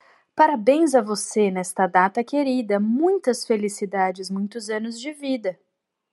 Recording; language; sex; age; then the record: short text; Brazilian Portuguese; female; 40 to 49 years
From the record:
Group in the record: control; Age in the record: 41 years